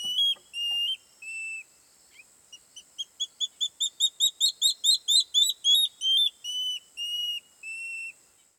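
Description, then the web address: Water thick-knee whistled call: a few drawn-out whistles, then a series of clear notes that quickens and grows louder before slowing into longer, slightly lower whistles. At dawn. "Google Sounds Sound Matters. Water thick knee"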